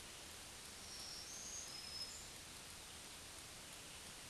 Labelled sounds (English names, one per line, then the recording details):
Black-throated Green Warbler song
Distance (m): 20 m
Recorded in a Pennsylvania forest on 1 June 2023 at 07:47
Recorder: AudioMoth, point grid3_35_low
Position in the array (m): 159 m, 145 m